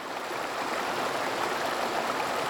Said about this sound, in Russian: Вода может стремиться. Слышите? Так звучит река.